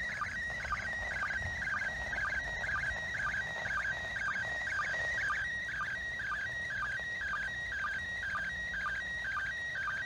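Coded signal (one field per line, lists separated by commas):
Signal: SSTV (slow-scan television)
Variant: PD120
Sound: warbling whistle-like tone with steady rhythmic chirps about twice a second, over hiss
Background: radio static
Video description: they use 145.800 down, hold the monitor button, and use a SSTV decoding app to process it, today's event was in format PD120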